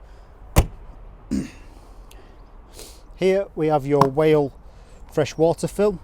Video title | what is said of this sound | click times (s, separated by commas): 2025 Bailey Adamo 75 4I Instructional Video | we need to make sure that this orange tab is locked into place so your toilet cassette is not going to move | 0.6 s